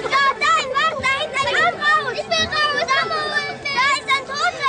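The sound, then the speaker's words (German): Several children in a carriage scream and wail at once, high-pitched wavering cries overlapping continuously with shrill yelps and chattering voices, loud and sustained throughout. “Das Geschrei kam von den Kindern in der Kutsche.”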